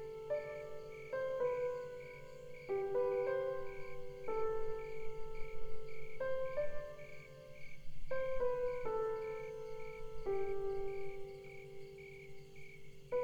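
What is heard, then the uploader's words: Slow music of clear, bell-like tones moves through a simple melody, each note ringing for about a second before the next. A steady low hum and a thin, constant high whine, perhaps night insects, sit beneath the tune throughout. Night sounds with music.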